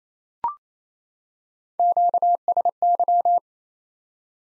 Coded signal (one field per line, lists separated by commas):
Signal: Morse code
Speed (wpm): 28 wpm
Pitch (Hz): 700 Hz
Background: none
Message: QSY